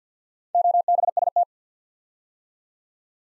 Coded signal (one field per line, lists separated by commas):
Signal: Morse code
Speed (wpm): 49 wpm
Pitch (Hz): 700 Hz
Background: none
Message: OBST